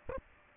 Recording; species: mosquito wingbeat signal from an infrared sensor; Aedes aegypti